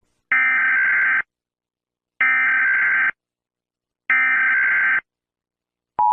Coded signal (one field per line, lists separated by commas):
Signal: Emergency Alert System (SAME) tones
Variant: header bursts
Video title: Ranking EAS alarms (COMPILATION)